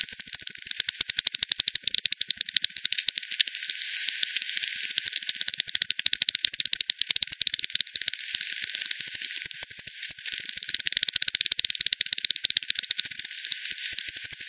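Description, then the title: Several bats' echolocation rendered audible, a long continuous buzz of crowded rapid clicks with little pause. Multiple bats by the Hogsmill River at Hogsmill Lane, 7 October 2020 at 18:10; frequency-division bat detector recording (divide by 10), bandpass filtered and resampled. "WW bat 20201007 T 18 : 10 Z-Hogsmill-Lane-Hogsmill-River-multiple-bats"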